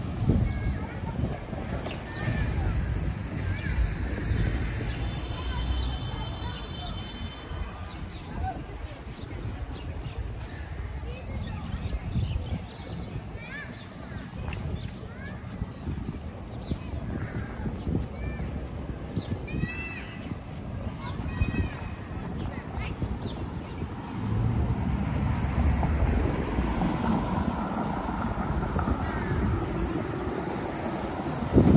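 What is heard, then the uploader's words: A walk through Tel Aviv streets, with a steady low rumble of traffic and murmured voices throughout. Short chirping bird calls and brief bright sounds come and go, and the din swells louder near the end, from about 24 seconds on. Street Sounds. Walking In Tel Aviv, Israel.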